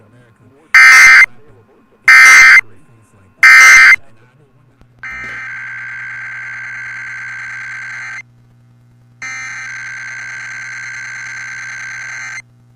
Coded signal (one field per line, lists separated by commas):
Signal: Emergency Alert System (SAME) tones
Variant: header bursts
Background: speech